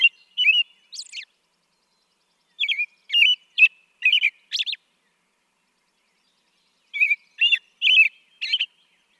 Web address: songs American Robin